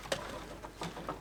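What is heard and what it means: Handling of the small red plastic locking tab on the wiring connector of an EVAP purge solenoid on a 2008–2020 Grand Caravan 3.6 / Town & Country, as it is about to be snapped in to lock the connector. A sharp tap at about 0.1 s is followed by faint rustling and a few softer handling knocks. The tab has not seated or clicked yet.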